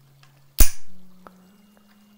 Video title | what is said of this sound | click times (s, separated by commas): cry lites 2019 | you just heard a click and what that click is on | 1.3 s